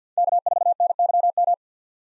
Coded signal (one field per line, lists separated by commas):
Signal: Morse code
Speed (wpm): 50 wpm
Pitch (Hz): 700 Hz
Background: none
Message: K4NYM